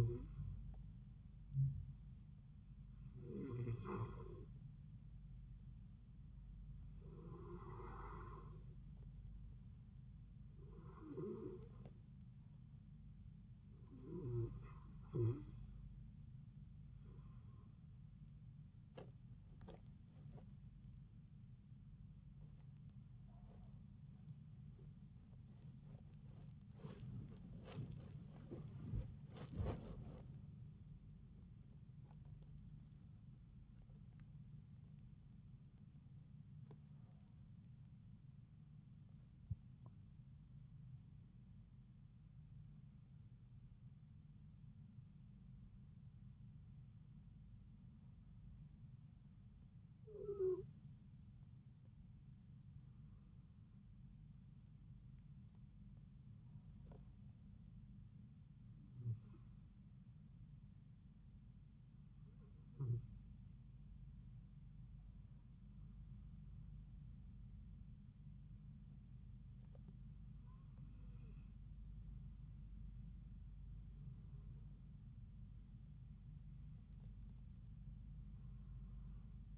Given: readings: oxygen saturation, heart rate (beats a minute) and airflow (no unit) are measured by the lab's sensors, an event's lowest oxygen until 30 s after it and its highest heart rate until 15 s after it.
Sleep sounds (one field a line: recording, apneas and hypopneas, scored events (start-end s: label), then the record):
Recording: breathing in sleep by a smartphone at the bedside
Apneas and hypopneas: 2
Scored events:
6.00-24.60 s: hypopnea (N1, oxygen 94% highest, then 92% lowest)
7.00-37.00 s: new sleep stage, awake
17.00-39.00 s: awake
37.00-79.58 s: new sleep stage, N1 (lightest sleep)
49.00-68.10 s: hypopnea (N1, oxygen 95% highest, then 92% lowest)
From the record:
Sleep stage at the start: N1 (lightest sleep)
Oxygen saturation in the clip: 92 to 95%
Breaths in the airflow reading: 22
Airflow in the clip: -7.3 to 8.8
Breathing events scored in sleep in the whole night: 270 in 6.1 hours asleep